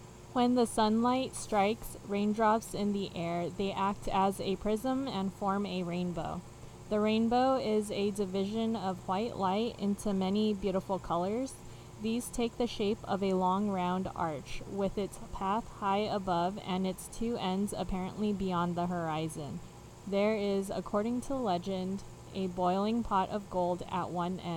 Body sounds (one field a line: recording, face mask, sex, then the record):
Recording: reading aloud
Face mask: none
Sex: female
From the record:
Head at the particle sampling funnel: facing it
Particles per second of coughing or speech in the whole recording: 0.54